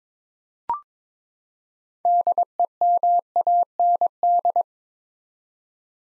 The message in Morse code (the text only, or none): DEMAND